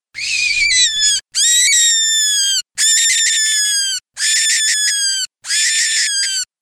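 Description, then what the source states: Cottontail rabbit distress call: five strident, raspy screams of roughly one second each, repeated rapidly with only short gaps between them. Cottontail rabbit giving a distress call.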